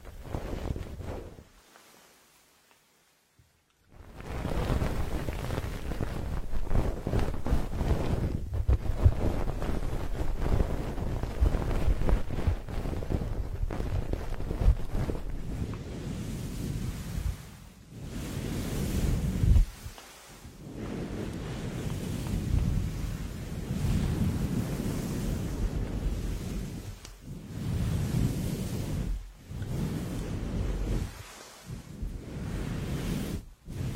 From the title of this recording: Goose feather plugs in the ears